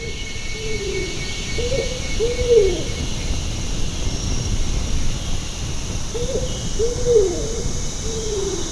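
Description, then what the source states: Bornean ground cuckoo calling with deep, mellow hoots grouped into short phrases, each with one emphasised falling note, two phrases heard against steady background noise. Danum Valley, Borneo.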